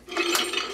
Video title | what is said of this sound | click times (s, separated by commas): Optibotimus Reviews: Marvel Legends INFINITY GAUNTLET Prop Replica | you can just bring these down until you hear it click locking | 0.1 s